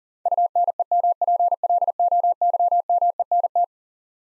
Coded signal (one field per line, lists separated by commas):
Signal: Morse code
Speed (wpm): 37 wpm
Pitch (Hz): 700 Hz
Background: none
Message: UNEMPLOYMENT